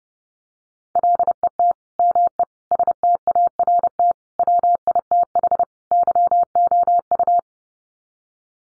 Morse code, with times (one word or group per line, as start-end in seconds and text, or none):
1.0-1.7 LET
2.0-2.4 ME
2.7-4.1 START
4.4-5.6 WITH
5.9-7.4 YOU